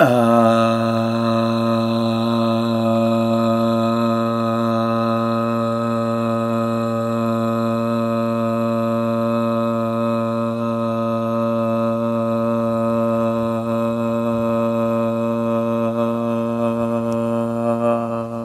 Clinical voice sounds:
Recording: sustained vowel /a/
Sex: male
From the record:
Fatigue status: no fatigue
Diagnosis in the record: COVID-19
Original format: m4a

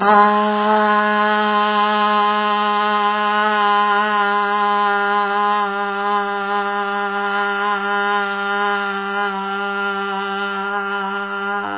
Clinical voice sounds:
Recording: sustained vowel /a/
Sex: female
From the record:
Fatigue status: no fatigue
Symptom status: symptomatic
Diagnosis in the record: COVID-19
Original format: 3gp

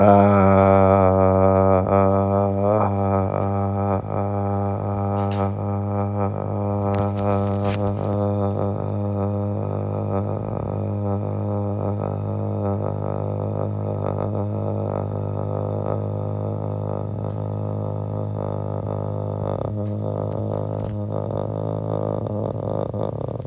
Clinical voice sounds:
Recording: sustained vowel /a/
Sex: male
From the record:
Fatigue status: fatigue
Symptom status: symptomatic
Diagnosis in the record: COVID-19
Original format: m4a

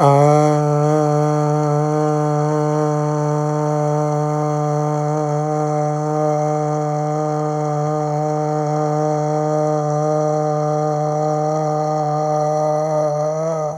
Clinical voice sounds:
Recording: sustained vowel /a/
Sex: male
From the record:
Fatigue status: no fatigue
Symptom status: asymptomatic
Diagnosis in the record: COVID-19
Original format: m4a

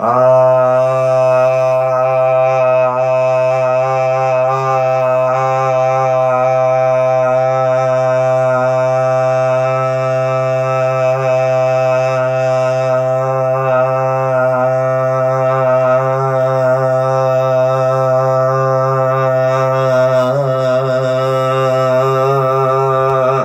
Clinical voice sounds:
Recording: sustained vowel /a/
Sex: male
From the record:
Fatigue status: no fatigue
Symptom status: asymptomatic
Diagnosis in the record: COVID-19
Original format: m4a

